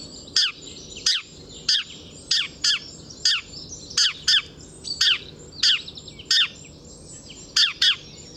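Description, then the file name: House sparrow chirping steadily, loud clipped chirps, some in quick pairs, over a quiet background of other birds. "Passer domesticus"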